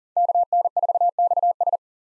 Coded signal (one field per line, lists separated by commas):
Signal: Morse code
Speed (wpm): 40 wpm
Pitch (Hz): 700 Hz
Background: none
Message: KN4XS